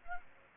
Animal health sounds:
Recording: mosquito wingbeat signal from an infrared sensor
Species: Culex pipiens

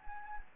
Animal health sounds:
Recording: mosquito wingbeat signal from an infrared sensor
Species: Anopheles gambiae

